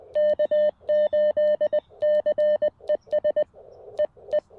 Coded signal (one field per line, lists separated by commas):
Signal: Morse code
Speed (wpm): 20 wpm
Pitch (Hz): 600 Hz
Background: none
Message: K8CES EE